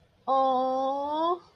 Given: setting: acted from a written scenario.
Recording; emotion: vocal sound without words; adoration